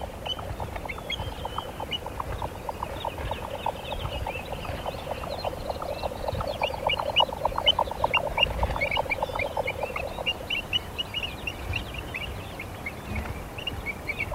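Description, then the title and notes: Jack Snipe display song: a long, steady galloping series of muffled pulses lasting about ten seconds, with higher chirping notes running alongside. "Viikon luontoääni: Jänkäkurppa. Pertti Koskimies"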